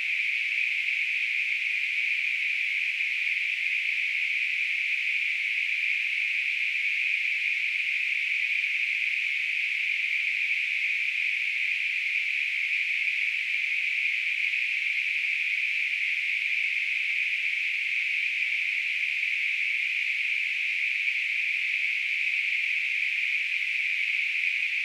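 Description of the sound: Simulated tinnitus: a steady, continuous high-pitched hiss of narrow-band noise centred around 2–3 kHz, unchanging in loudness throughout, with no low-frequency content.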